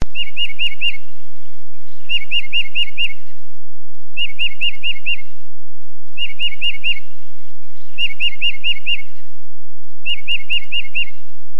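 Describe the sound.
Tufted titmouse song, a clear whistled phrase of about five rapid repeated notes, given six times at roughly two-second intervals.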